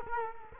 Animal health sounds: mosquito wingbeat signal from an infrared sensor; Culex quinquefasciatus

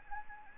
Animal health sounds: mosquito wingbeat signal from an infrared sensor; Anopheles gambiae

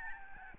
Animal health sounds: mosquito wingbeat signal from an infrared sensor; Aedes albopictus

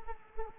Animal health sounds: mosquito wingbeat signal from an infrared sensor; Culex quinquefasciatus

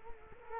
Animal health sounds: mosquito wingbeat signal from an infrared sensor; Culex quinquefasciatus

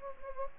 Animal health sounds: mosquito wingbeat signal from an infrared sensor; Anopheles gambiae

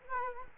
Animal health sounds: mosquito wingbeat signal from an infrared sensor; Culex quinquefasciatus

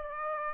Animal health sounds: mosquito wingbeat signal from an infrared sensor; Aedes aegypti

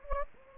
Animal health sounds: mosquito wingbeat signal from an infrared sensor; Anopheles gambiae

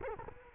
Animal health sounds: mosquito wingbeat signal from an infrared sensor; Culex quinquefasciatus

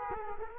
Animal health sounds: mosquito wingbeat signal from an infrared sensor; Culex quinquefasciatus

